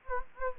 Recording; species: mosquito wingbeat signal from an infrared sensor; Anopheles gambiae